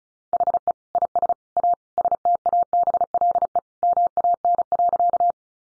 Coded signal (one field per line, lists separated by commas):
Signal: Morse code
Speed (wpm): 34 wpm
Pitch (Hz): 700 Hz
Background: none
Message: HE IS A STABLE MAN.